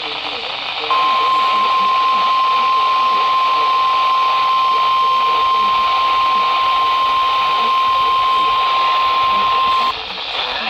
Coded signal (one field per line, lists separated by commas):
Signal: Emergency Alert System (SAME) tones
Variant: 1050 Hz attention tone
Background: speech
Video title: End of July comes weather. | EAS Alerts from 7/30-31/25 | EAS#2,562-2,610